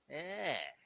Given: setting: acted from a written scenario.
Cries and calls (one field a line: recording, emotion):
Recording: vocal sound without words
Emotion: sympathy